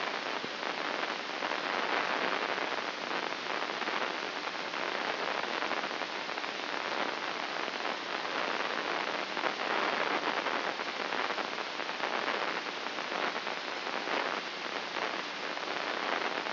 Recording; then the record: brain microelectrode recording played as sound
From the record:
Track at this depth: outside the subthalamic nucleus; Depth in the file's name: 7.029 mm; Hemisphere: left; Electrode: 2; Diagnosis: Parkinson's disease